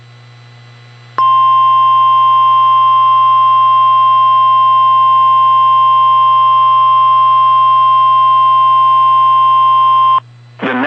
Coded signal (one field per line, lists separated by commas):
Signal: Emergency Alert System (SAME) tones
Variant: 1050 Hz attention tone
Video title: Snow Squall Warning for NW CT, SW MA, and Eastern NY EAS